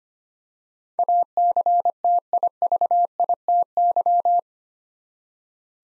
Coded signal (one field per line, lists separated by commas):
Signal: Morse code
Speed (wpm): 25 wpm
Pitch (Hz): 700 Hz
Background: none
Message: ACTIVITY